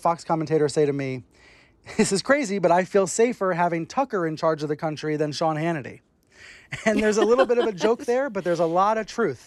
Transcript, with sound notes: I had a Fox commentator say to me, this is crazy, but I feel safer having Tucker in charge of the country than Sean Hannity.
(Laughter).
And there's a little bit of a joke there, but there's a lot of truth.